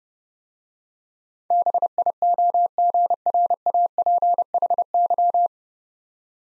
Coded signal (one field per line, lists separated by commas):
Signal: Morse code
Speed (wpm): 30 wpm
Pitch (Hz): 700 Hz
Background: none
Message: BIOGRAPHY